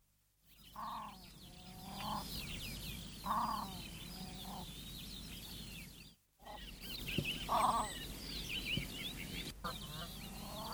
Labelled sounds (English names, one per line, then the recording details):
Great Crested Grebe
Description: Australasian crested grebe song
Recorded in New Zealand